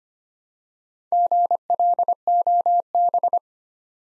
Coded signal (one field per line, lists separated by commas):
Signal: Morse code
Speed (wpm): 25 wpm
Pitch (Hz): 700 Hz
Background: none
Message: GLOB